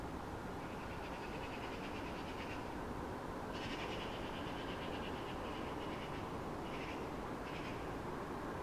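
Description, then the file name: Eurasian magpie giving harsh rattling chatter calls in several bursts of rapid clicks over steady low background noise. "Pica pica"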